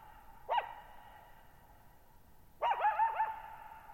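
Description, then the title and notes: Coyote giving a single sharp bark, then after a pause a quick series of warbling yips, both ringing on in a long echo. Lone coyote at night, July 14, 2019, Thirtymile Meadows, Okanogan National Forest, Okanogan High Country, 6400 ft; high dry plateau, shallow bowl-shaped meadow, burbling boggy ground, very quiet, reverberant. "Lone Coyote at Thirtymile Meadows. I spent the night of July 14, 2019, camped near Thirtymile Meadows in the Okanogan National Forest at 6400 ft (1950 m)"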